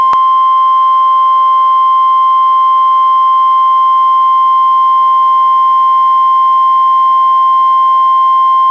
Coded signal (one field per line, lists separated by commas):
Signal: Emergency Alert System (SAME) tones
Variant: 1050 Hz attention tone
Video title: EAS #611: NWR Required Weekly Test- Mar. 16, 2022- 11:03AM PDT